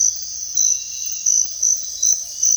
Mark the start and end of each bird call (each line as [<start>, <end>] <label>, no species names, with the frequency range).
[1.51, 2.38] bird call (0.5-1.0 kHz)